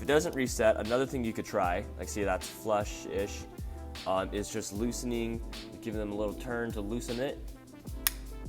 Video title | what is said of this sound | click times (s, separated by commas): 40MAX Canister Repair, Maintenance, Disassembly | here it pop into place and then that's ready to go and reset | 8.1 s